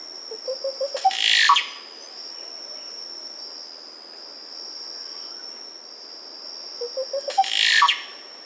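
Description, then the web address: Dusky-green oropendola song: a short run of low, rising gurgled notes ending in a loud, explosive flourish, given twice about six seconds apart over a steady high insect drone. South America. "Natures Songs S America Dusky-Green Oropendola"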